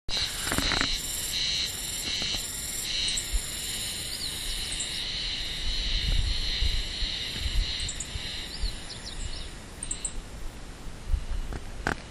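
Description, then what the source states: Spring cicada song: a steady buzzy drone with pulsed, stuttering notes running throughout, over a low rumbling background and a sharp click near the end. Recorded on 25 May 2013.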